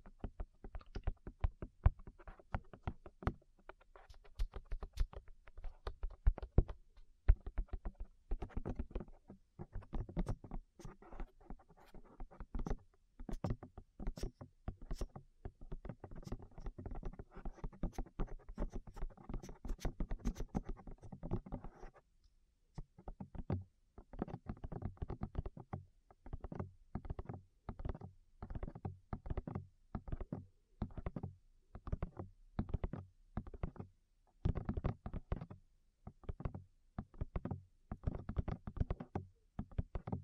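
Quick, dull tapping on the ears, dense and irregular for the first twenty seconds, with low thumpy knocks and occasional sharper hits. After a brief pause near 22 seconds the taps return more evenly spaced, in a steadier rhythm to the end.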